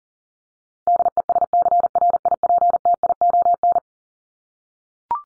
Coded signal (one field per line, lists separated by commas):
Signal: Morse code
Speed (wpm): 40 wpm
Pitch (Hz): 700 Hz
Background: none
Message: DESCRIPTION